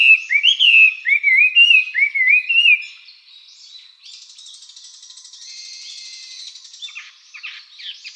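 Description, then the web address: Chinese hwamei giving loud looping whistled phrases for about three seconds, after which only a faint, hissy jumble of softer high notes continues. "birdenaga gabityou"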